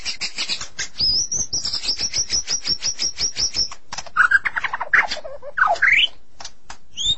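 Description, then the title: Magpie-robins and shamas song: a rapid series of high repeated whistles, then lower swooping whistled phrases, with scattered sharp clicks. "Suara Burung Murai"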